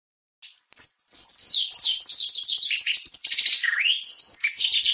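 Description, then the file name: Shiny cowbird singing a continuous tumbling stream of high whistles, rapid buzzy trills and down-slurred notes, dipping lower late on before rising again. "canto do chupim"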